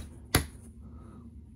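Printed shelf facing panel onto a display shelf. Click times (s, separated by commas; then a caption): 0.3 s. A thin printed sheet on a backer board, a printed shelf facing panel, is fitted onto a display shelf at an angle, front side first, then pushed until it snaps on. A single sharp snap is heard at 0.4 s against a quiet background, and the cover is seated firmly on the shelf.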